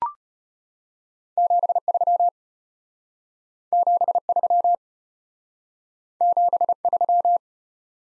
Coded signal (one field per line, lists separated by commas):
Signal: Morse code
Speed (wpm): 32 wpm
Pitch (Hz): 700 Hz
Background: none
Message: 73 73 73